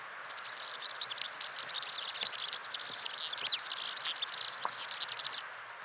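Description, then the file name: European serin song: a rapid, high-pitched, sizzling jingle of tightly packed chirps that runs continuously for about five seconds before stopping abruptly. "gulhampling"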